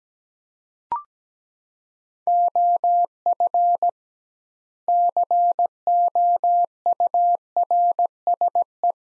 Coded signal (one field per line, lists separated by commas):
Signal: Morse code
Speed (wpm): 17 wpm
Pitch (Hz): 700 Hz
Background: none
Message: OF COURSE